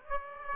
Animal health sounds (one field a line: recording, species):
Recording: mosquito wingbeat signal from an infrared sensor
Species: Aedes aegypti